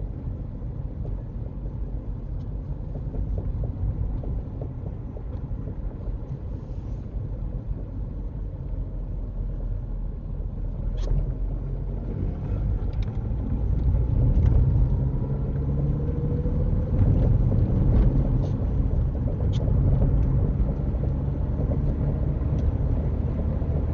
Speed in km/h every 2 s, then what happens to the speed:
27, 29, 26, 23, 24, 31, 37, 45, 47, 52, 55, 58.
0-7 steady at about 26. 7-24 speeds up to 58.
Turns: none.